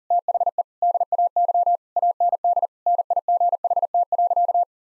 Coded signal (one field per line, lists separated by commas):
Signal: Morse code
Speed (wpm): 40 wpm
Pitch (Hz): 700 Hz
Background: none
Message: THE DAY AND NIGHT.